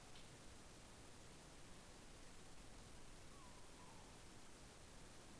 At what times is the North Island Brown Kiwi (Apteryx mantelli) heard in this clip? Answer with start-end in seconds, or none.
none